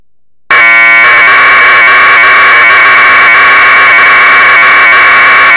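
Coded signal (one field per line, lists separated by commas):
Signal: modem data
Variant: Bell 202, 1200 baud FSK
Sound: short steady tone, then continuous harsh warbling data hiss between two tones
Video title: minimodem - general-purpose software audio FSK modem for GNU/Linux systems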